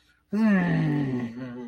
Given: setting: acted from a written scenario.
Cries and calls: vocal sound without words; contempt

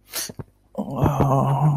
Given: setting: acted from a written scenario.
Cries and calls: vocal sound without words; pain

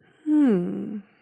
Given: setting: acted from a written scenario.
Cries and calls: vocal sound without words; positive surprise

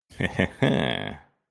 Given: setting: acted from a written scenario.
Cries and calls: vocal sound without words; pride

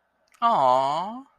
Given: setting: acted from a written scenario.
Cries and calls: vocal sound without words; adoration

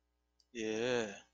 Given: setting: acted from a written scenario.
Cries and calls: vocal sound without words; contempt

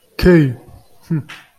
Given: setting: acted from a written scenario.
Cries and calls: vocal sound without words; neutral

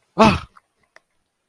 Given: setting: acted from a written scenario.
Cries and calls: vocal sound without words; negative surprise

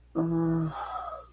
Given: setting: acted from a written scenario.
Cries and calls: vocal sound without words; desire

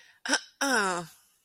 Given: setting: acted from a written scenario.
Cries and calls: vocal sound without words; shame

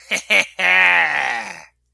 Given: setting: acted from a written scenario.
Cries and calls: vocal sound without words; triumph

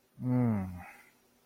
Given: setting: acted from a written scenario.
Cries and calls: vocal sound without words; desire

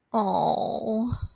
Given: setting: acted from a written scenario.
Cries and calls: vocal sound without words; sympathy

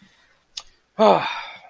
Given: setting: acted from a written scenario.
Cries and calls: vocal sound without words; disappointment

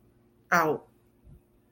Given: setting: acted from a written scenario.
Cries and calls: vocal sound without words; embarrassment

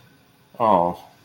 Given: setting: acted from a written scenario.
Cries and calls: vocal sound without words; sympathy

